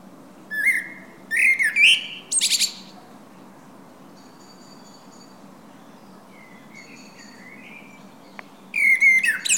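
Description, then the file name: Common blackbird sings a short fluty phrase with squeaky high endings, pauses several seconds, then gives a quieter phrase and another loud, twittering one. "Turdus merula"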